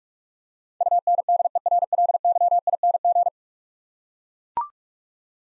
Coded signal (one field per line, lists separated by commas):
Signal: Morse code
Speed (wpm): 44 wpm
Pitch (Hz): 700 Hz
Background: none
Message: UNDERLYING